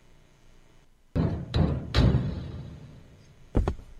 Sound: door opens; banging sound

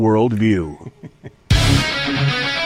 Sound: laughs; rock music plays

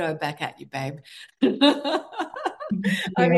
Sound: laughs

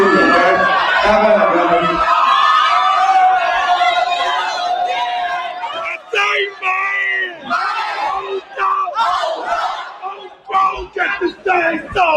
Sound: cheers

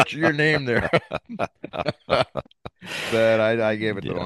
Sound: laughs

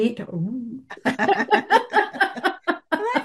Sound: laughs

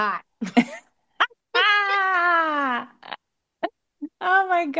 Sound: laughs

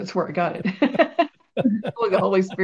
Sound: laughs

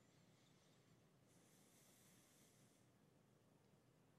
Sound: breathes deeply

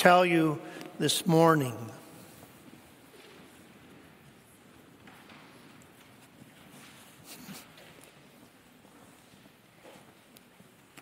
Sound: footsteps

